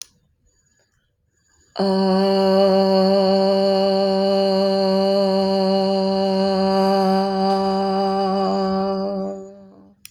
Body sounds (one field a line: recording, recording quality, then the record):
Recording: sustained vowel as in made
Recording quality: excellent, no background noise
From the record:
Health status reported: healthy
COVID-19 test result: negative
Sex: female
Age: 55 years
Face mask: not worn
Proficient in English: yes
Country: India